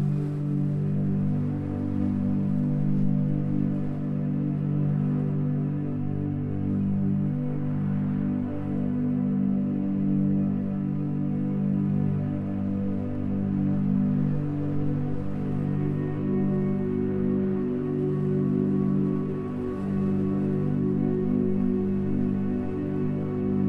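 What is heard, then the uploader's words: Calm music made of low, sustained tones that hold steadily at an even volume, with the chords shifting slowly about every five seconds. A soft, airy hiss sits faintly above the warm, deep drone throughout. Gentle wind sounds meet calming music.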